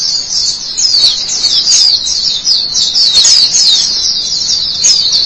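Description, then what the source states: White-eye singing a quick, high-pitched warbling twitter of slurred notes, steady and unbroken. Chirping song.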